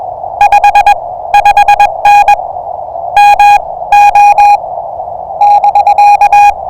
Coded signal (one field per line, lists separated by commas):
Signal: Morse code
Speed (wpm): 21 wpm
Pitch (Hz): 820 Hz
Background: none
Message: 55N MO <BK>